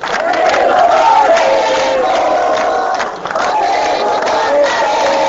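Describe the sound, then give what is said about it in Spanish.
A dense crowd of men, women, children and elderly people shouts and cries out desperately together in a continuous, loud, agitated roar, with no break in the clamor across the whole stretch. “Escuchamos la voz y el grito desesperado de hombres, mujeres, niños y ancianos.”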